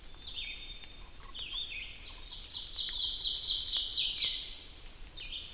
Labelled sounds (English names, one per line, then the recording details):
Ovenbird song
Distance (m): 30 m
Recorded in boreal forest in Alberta, Canada, on 2 June 2016 at 06:13
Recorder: SongMeter 3, array SBT-3-7
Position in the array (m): 49 m, 148 m
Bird 4